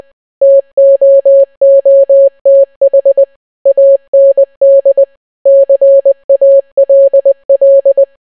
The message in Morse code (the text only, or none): TOOTH AND CALL